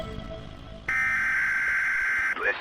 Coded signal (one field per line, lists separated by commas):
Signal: Emergency Alert System (SAME) tones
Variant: header bursts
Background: speech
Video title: "T" DAY , When Day Breaks - Emergency Alert System Broadcast